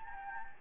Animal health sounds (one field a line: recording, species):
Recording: mosquito wingbeat signal from an infrared sensor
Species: Anopheles gambiae